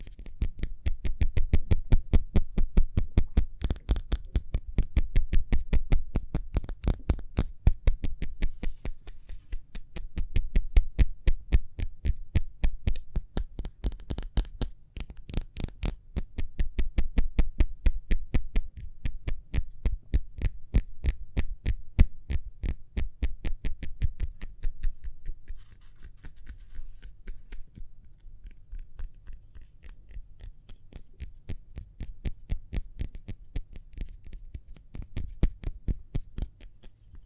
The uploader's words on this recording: ASMR Speedy Hand Sounds (No Talking).